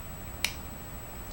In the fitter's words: there just heard it click that one went on